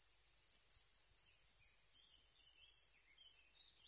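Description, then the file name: Firecrest calling in very high, thin, slightly buzzy notes: a run of five, a pause, then four more, with a few faint softer notes. "Korolek krasnogolovyj"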